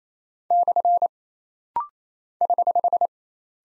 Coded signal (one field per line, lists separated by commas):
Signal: Morse code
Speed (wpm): 28 wpm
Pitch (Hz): 700 Hz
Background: none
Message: / <HH>